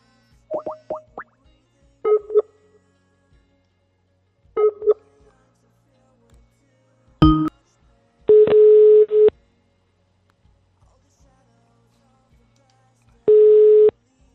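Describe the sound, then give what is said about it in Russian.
A few quick phone keypad tones chirp in short groups as phone numbers are dialed, then a click, followed by two long, steady mid-pitched busy-signal beeps separated by a pause of silence, the numbers being unavailable. “Так, все нахуй, эти номера, короче, у них уже недоступны.”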